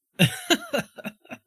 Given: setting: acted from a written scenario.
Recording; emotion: vocal sound without words; amusement